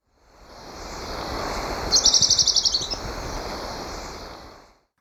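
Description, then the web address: Rufous-browed tyrannulet calling a quick high trill of short sharp notes lasting under a second, fading at the end, against constant hiss and low-frequency rumble. Recorded in Ecuador. "Birds of Ecuador 3. Rufous-Browed Tyrannulet"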